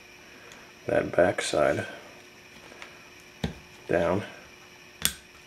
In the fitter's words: and you can hear it snap in and now it's in there